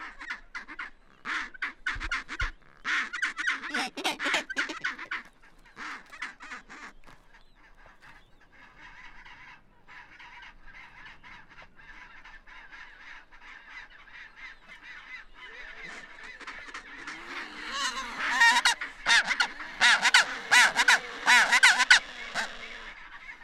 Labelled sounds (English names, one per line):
Chinstrap Penguin call